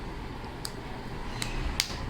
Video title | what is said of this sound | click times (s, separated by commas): One Plus Band UNBOXING - Complete Review - How to pair One Plus Band with iPhone PROBLEM SOLVED!!!!! | Press करना है जिससे यह lock हो जाएगा तो यह जो मिक्सचर है वह कोई वॉइस भी आएगी | 1.8 s